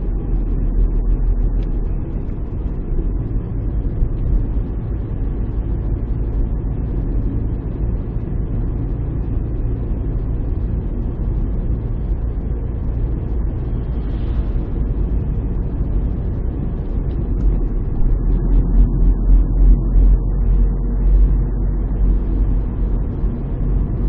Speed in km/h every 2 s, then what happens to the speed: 44, 41, 41, 42, 43, 44, 45, 45, 46, 49, 51, 52.
0-7 steady at about 41. 7-24 speeds up to 52.